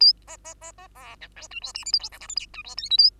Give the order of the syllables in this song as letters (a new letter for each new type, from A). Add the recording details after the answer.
A B B B B C D E F G H I J K L M N O F G P Q A. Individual Bird2